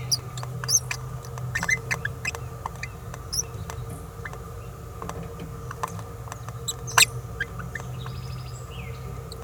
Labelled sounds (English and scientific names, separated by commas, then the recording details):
Green-rumped Parrotlet (Forpus passerinus) babbling
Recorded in a nest box in Venezuela
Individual 18B17A4